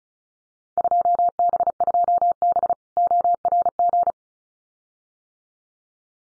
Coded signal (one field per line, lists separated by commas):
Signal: Morse code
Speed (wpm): 34 wpm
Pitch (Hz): 700 Hz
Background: none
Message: 2B2B ORG